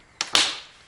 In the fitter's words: that down snaps right into place